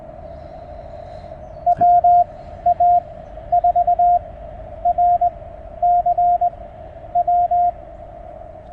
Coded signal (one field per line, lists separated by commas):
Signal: Morse code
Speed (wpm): 19 wpm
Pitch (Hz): 700 Hz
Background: none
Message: WA4RCW